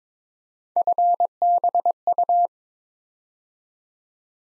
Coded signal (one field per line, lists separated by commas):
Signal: Morse code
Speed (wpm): 22 wpm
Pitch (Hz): 700 Hz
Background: none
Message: FBU